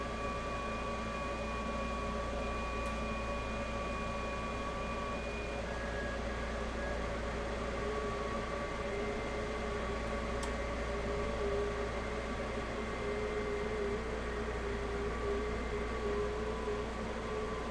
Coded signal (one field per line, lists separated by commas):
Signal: FT8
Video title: ham radio live: 6m ft8